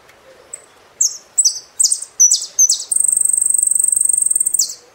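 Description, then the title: Saffron finch song of sharp, high descending notes leading into a long, rapid buzzy trill that ends with a falling slur. "Jilguero Argentino"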